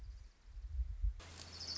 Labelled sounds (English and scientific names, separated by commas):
Orange-crowned Warbler (Leiothlypis celata)